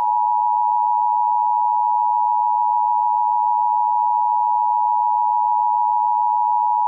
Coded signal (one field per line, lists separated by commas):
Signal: Emergency Alert System (SAME) tones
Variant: 853 and 960 Hz attention tone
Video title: EAS Mock 9/11 Tribute (old version)